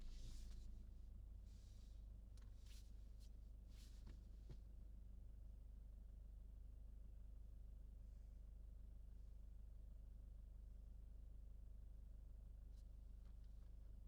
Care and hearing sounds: everyday scene through a hearing-aid microphone; in a vehicle; engine idling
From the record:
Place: Berlingo II, diesel engine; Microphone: in the ear canal, left

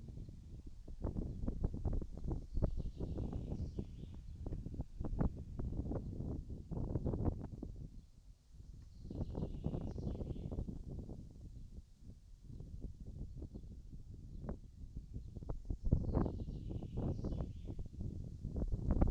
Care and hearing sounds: everyday scene through a hearing-aid microphone; wind on the microphone; wind, birds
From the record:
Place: in front of a rural house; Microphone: in the ear canal, right

